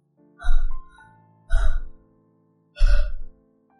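Three loud, strained gasping breaths come in a steady rhythm about a second apart, each a rough voiced heave with a low rasp. Short silences separate them, and no one speaks.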